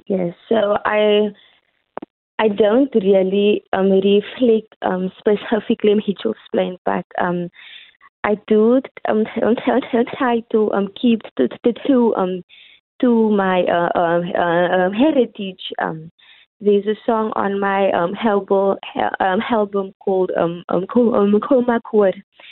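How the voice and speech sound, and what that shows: An adult woman speaks over a telephone-quality line with mild stuttering: repeated words and syllables, prolonged sounds and frequent 'um' fillers between phrases. She has stuttered all her life, and the stutter disappears when she sings.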